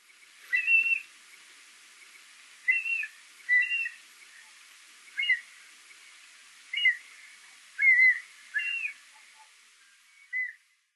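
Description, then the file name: Mountain hawk-eagle calls: short whistled notes, some with a slight upward inflection, given about eight times in eleven seconds at irregular intervals over a quiet, hissy background. Recorded in Tottori on 10 December 2008. "kumataka tottori kuroda"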